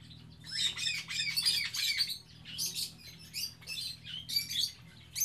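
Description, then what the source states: Birds giving loud, rapid squawking and chirping calls in overlapping bursts, high and harsh, with a constant low hum underneath. Birds kept in an aviary on Spetses.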